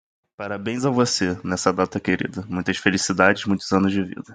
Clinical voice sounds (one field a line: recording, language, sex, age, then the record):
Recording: short text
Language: Brazilian Portuguese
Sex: male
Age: 20 to 29 years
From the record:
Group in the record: control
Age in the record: 22 years